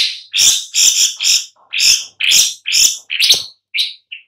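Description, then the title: Long-tailed shrike giving harsh, rasping calls, a quick series of short, broad grating notes with brief pauses between them. "Lanius Schach Sun"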